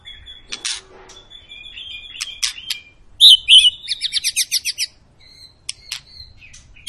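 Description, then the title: White-rumped shama song mixing high thin whistles and clicks, then a quick burst of repeated buzzy high notes. Long, lively singing used as a lure recording to make other birds sing. "Pancingan Murai Batu Gacor Panjang"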